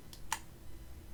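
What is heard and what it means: A tiny screw beside the charging port of a music player case is held sideways and backed off in its threaded hole until the threads drop into place with a click, before being driven in. A faint tick at 0.1 s is followed by the sharp, bright click at 0.3 s, and the screw thread is seated.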